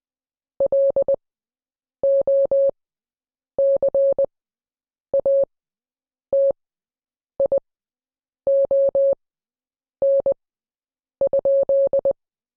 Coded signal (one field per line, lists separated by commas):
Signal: Morse code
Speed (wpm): 20 wpm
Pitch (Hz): 550 Hz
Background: none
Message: LOCATION?